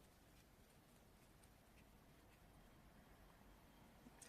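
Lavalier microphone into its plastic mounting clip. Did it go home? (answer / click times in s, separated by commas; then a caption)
yes / 4.2 s. An external lavalier microphone is pressed into its small, stiff plastic mounting clip against a low, steady background hiss, with a faint tap at 1.4 s. A short, sharp click at 4.2 s marks the microphone snapping in, and it is confirmed clipped in place.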